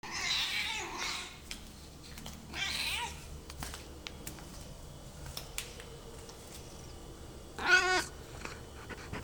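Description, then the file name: Cat meowing: two breathy, hiss-like bursts in the first three seconds, then one short, clear harmonic meow near the end, with faint clicks and rustles between. Recorded 2 April 2022. "kadrina the cat"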